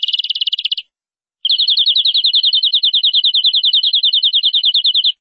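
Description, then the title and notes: Canary song with a brief fast trill, a short break, then a sustained rolling trill of quick, evenly spaced high notes lasting nearly four seconds. "BM Suara Burung Kenari"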